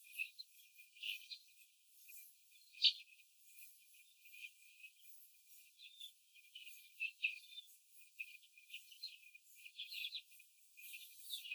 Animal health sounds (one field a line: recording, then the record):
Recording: young laying hens in a cage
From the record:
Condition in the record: after the stressor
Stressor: simulated dog barking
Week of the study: 4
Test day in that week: 1